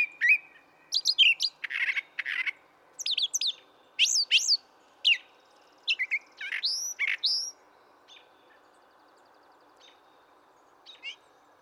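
Brown thrasher song of harsh notes and downslurred whistles, phrases often doubled, for about seven seconds, then near quiet with a few faint notes.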